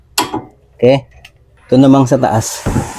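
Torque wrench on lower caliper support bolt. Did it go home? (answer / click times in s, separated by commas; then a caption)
yes / 0.2 s. A torque wrench tightening the lower steel caliper support bolt on a Mirage gives a loud, sharp click at 0.2 s, confirming the bolt has reached its torque setting. Someone then talks before moving on to the upper bolt.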